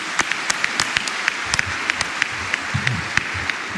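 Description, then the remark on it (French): Steady applause from a small group, many hands clapping in a dense, irregular patter with sharp individual claps standing out, continuous for a few seconds with no voices. “Tableau, on peut l'applaudir.”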